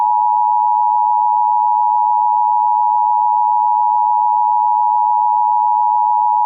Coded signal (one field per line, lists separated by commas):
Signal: Emergency Alert System (SAME) tones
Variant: 853 and 960 Hz attention tone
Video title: EAS Alerts From 6/11/23 (EAS #1634-1649)